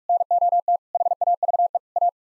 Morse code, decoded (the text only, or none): NOT HAVE A